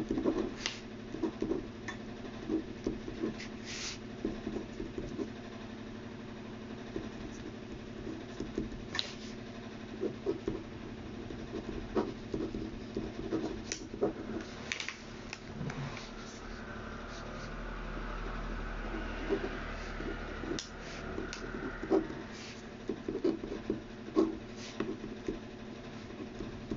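Sounds of copying out a text: small scratches and clicks come irregularly throughout, with sharper taps every second or two. A steady low hum runs underneath, and from about 16 to 22 seconds a faint, higher rubbing tone swells and fades.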